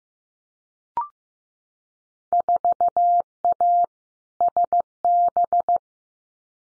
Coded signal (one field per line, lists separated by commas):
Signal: Morse code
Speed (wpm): 15 wpm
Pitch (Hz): 700 Hz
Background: none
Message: 4A SB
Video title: Field Day Exchange 15wpm